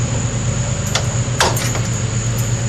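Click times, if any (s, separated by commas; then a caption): 1.0 s, 1.4 s. A metal lock pin is inserted into the locking holes of an RDJ-2K trailer jack leg, giving two sharp knocks at 1.0 s and 1.4 s over a steady low hum. The pin ends up not fully seated.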